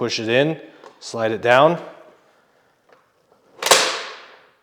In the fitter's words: and then it locks into place.